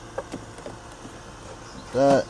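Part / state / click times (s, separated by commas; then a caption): cabin air filter cover into filter housing / not seated / none. A plastic cabin air filter cover on a 2010–2016 Hyundai Genesis Coupe is being put back on and lined up over the filter housing, with a few faint taps and handling noises, the sharpest at 0.2 s. Nothing has clicked or seated yet. Someone talks briefly near the end.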